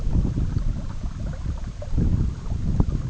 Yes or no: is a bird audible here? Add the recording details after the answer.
no. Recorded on Arctic tundra, site EABA-MC, on 19 June 2019. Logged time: 02:00